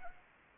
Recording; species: mosquito wingbeat signal from an infrared sensor; Anopheles gambiae